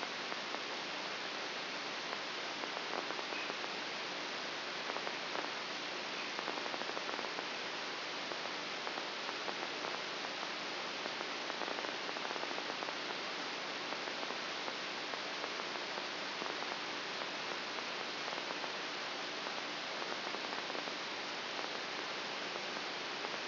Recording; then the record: brain microelectrode recording played as sound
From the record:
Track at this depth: outside the subthalamic nucleus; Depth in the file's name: 6.84 mm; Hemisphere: right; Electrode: 2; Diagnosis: Parkinson's disease